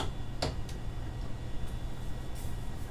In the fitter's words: kind of sits in there and then locks into place.